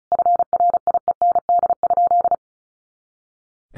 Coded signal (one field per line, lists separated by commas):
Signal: Morse code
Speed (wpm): 34 wpm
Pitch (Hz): 700 Hz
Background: none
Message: FRIEND?